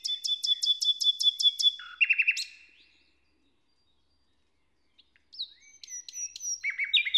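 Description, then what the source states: Common nightingale singing a fast run of sharp repeated notes, then a rattling burst, a short silence, and a new phrase of varied whistles and chirps. Inside a forest near Hoscheid, Luxembourg; early summer morning after a wet night, sun rising through the leaves; a nightingale singing a kind of morning song.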